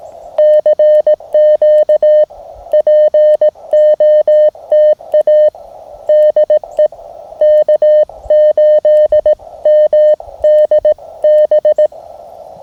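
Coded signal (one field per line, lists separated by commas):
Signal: Morse code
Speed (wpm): 18 wpm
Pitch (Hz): 610 Hz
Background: none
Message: CQ POTA DE K8MDB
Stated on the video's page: Morse sent from an MTR radio on a field Parks on the Air activation, using an end-fed half-wave antenna.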